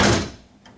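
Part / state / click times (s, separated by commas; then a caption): bath lift seat onto the lifting actuator and base box / not seated / none. A Mangar Health Archimedes bath lift seat is handled as it is lowered onto the lifting actuator and base box, after the actuator has been dropped into the hole. A loud, broad knock at the start fades over about 0.3 seconds, and a faint short tap follows at 0.7 s. Nothing has seated or clicked into place yet.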